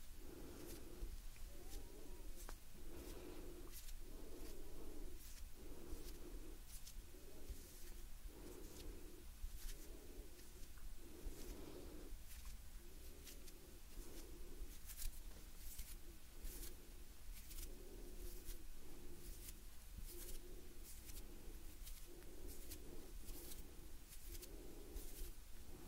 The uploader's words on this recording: Gentle Hand Sounds Movements & Breathing No Talking.